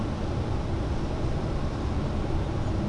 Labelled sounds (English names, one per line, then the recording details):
none
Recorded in Germany
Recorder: ecoPi